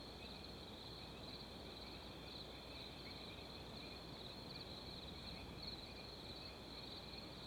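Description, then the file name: Continuous shrill cricket chorus behind a steady roar of wind. Wind in background. "Ambience Wind With Crickets 01"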